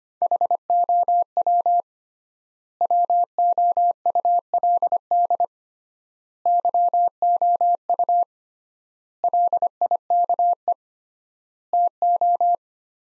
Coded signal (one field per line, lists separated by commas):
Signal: Morse code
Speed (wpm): 25 wpm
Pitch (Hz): 700 Hz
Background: none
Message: HOW WOULD YOU LIKE TO